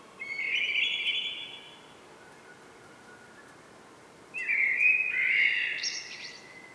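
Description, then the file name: Common blackbird singing two melodious warbled phrases, the second ending in a squeaky high twitter, with a quiet gap of a few seconds between. "Turdus merula"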